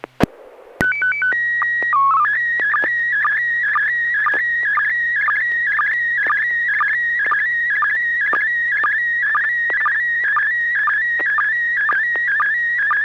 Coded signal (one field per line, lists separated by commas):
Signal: SSTV (slow-scan television)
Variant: PD 120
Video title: N6NA SSTV Net - 10/19/2022